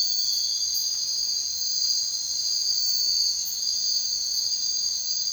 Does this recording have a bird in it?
no